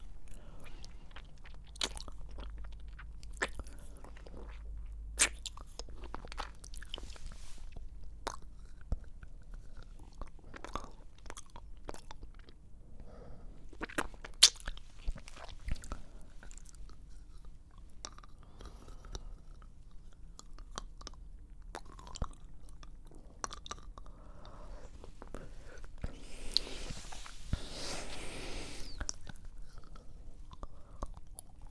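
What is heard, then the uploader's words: Mouth sounds made from ear to ear: quick tongue clicks, taps and kisses scattered irregularly through the whole clip, some sharp and crisp, others soft and wet. Around 26 to 29 seconds a hissy sk-sk burst rises. A low, steady hum sits underneath throughout. ASMR Ear-To-Ear Mouth Sounds For Tingles ~ (Sk Sk, Tk Tk, Tongue Clicking, Kisses etc).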